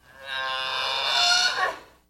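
Camel bellow: a single drawn-out, harmonic-rich moaning groan lasting about two seconds.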